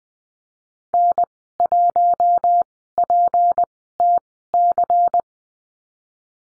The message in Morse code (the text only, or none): N1PTC